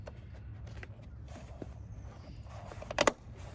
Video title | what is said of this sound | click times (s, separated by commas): 325ci tail light replace in e46 - same as 330ci and M3 coupe | then they snap into place. | 3.0 s, 3.1 s